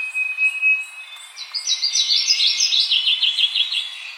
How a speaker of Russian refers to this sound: Вроде это какая-то пеночка. Или, может быть, камышовка. Совершенно неясно. И вот в этот момент очень будет здорово, если эта птица запоет. Например, вот так.